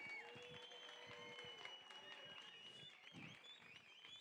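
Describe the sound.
An audience applauds loudly and steadily for about four seconds, a dense wash of clapping with cheering voices and shrill whistles riding over it.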